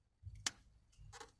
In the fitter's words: that right there and it snaps back in and